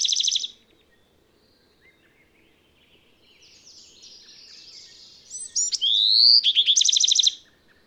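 Birdsong opens on the end of a buzzy trill. After a quiet stretch of soft chatter comes a rising whistle and a fast, rattling trill.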